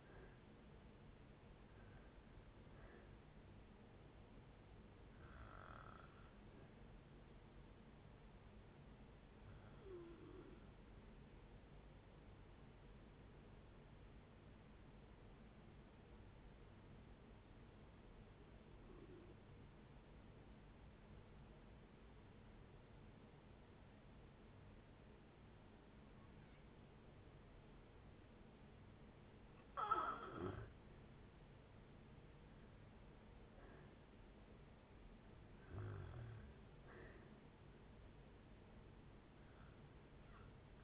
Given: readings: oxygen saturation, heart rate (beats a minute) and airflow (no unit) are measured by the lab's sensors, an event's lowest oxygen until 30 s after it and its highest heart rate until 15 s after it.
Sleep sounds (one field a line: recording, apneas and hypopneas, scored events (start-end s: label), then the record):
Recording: breathing in sleep by a voice recorder at the bedside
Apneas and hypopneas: 1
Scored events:
5.00-40.84 s: new sleep stage, N1 (lightest sleep)
7.00-30.70 s: hypopnea (N1, oxygen 97% highest, then 83% lowest, heart rate 68 at the start, 68 highest)
From the record:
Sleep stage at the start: N2 (light sleep)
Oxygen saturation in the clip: 80 to 97%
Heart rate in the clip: 55 to 77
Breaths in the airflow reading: 9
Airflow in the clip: -6.4 to 6.6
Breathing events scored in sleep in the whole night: 496 in 5.4 hours asleep